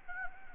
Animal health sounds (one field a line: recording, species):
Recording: mosquito wingbeat signal from an infrared sensor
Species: Anopheles gambiae